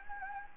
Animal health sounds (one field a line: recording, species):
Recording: mosquito wingbeat signal from an infrared sensor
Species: Anopheles gambiae